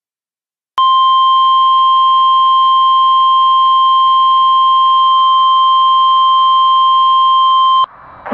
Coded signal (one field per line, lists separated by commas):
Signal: Emergency Alert System (SAME) tones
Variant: 1050 Hz attention tone